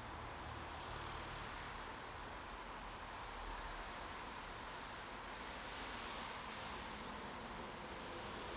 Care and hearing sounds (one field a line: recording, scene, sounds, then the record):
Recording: everyday scene through a hearing-aid microphone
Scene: in traffic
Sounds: traffic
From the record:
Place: bus stop on a city main road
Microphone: in the ear canal, right